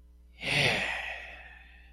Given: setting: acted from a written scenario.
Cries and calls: vocal sound without words; pride

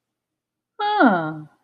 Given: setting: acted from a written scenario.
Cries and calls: vocal sound without words; realization

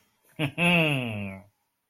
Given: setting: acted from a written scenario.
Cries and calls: vocal sound without words; pride

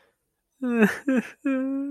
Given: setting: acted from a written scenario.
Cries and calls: vocal sound without words; sadness

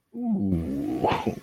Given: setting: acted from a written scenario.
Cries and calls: vocal sound without words; pride

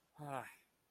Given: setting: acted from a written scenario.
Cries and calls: vocal sound without words; contempt

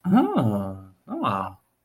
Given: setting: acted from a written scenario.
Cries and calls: vocal sound without words; interest

